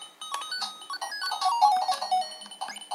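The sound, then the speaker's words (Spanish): Bright, beepy background music from a handheld game console plays alone: a quick chiptune-style melody of high synthetic tones hopping between notes at a steady, moderate volume. “Ojo, la musiquita está guapa, ¿eh?”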